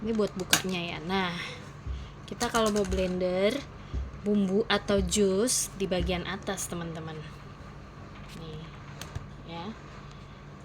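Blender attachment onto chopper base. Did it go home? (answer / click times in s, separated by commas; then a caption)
yes / 9.0 s. Someone talks while a blender attachment for spices or juice is pushed onto the top of a plastic Mecco 5-in-1 antibacterial odorless chopper unit. A short, sharp click at 9.0 seconds marks the attachment locking into place, and the click has to be heard before blending.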